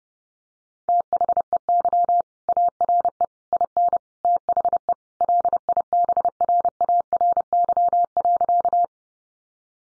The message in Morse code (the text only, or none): THEY ARE IN THE LIBRARY.